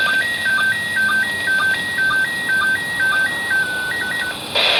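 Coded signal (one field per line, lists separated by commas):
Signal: SSTV (slow-scan television)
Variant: PD 120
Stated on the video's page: ISS SSTV received from a window on a VR-N76 handheld radio.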